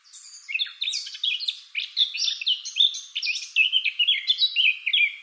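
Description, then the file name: Eurasian blackcap delivering a continuous, lively warble of quick chirping and twittering notes throughout, varied in pitch. "Sylvia atricapilla"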